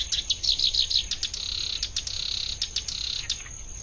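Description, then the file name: Black-browed reed warbler song: fast chattering notes, then a sustained buzzy trill with short clicks. Recorded at Watarase, Hirano, on 4 July 2006. "koyoshikiri 060704 watarase hirano"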